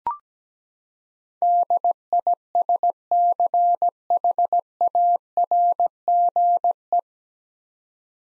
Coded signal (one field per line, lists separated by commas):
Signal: Morse code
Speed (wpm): 17 wpm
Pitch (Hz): 700 Hz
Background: none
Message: DISCHARGE